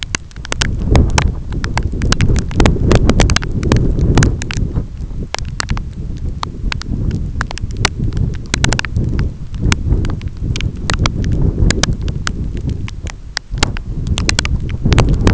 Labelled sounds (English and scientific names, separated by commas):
none